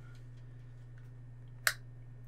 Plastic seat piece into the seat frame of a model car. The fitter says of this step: make sure it goes in the right way till it clicks just like that perfect